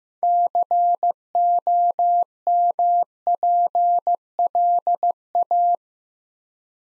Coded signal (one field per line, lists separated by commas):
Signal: Morse code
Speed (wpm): 15 wpm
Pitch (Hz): 700 Hz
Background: none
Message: COMPLA